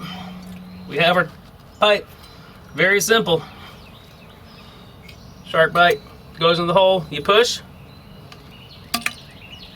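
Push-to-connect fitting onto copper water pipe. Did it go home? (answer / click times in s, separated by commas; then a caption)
yes / 8.9 s, 9.1 s. A push-to-connect brass plumbing fitting is pushed onto a copper water pipe at an outdoor spigot while someone talks. Two sharp clicks come at 9.0 s and 9.1 s as the fitting seats on the pipe.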